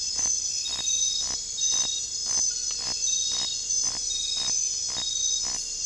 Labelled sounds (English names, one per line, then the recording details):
none
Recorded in dense forest near Puerto Asís, Putumayo, Colombia, on 21 December 2024 at 22:00
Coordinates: 0.484, -76.317
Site G026